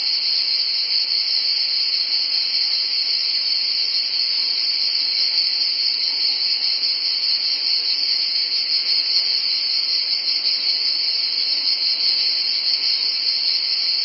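Steady high-pitched cicada drone running without a break, a softer lower buzzing layer underneath, and only a couple of faint clicks besides.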